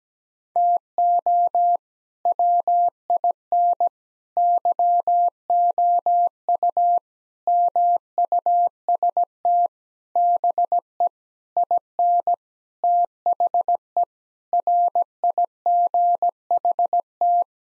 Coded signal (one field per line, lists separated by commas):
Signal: Morse code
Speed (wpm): 17 wpm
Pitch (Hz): 700 Hz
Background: none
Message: TO WIN YOU MUST BE IN THE RIGHT